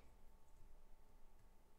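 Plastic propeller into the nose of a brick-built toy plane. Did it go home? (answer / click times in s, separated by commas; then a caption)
no / none. A plastic propeller is being pushed toward its holder in the nose of a brick-built toy plane, the 1992 LEGO set 1769 Prop Plane. Only faint handling ticks are heard over a steady low hum and a constant thin tone. Nothing has seated or clicked yet.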